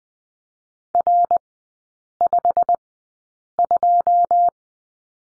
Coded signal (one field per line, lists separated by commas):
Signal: Morse code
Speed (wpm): 20 wpm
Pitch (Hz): 700 Hz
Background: none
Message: R52